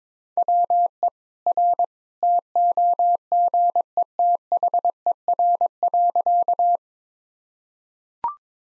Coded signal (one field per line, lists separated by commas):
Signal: Morse code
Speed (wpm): 22 wpm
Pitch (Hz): 700 Hz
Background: none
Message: WE R TOGETHER.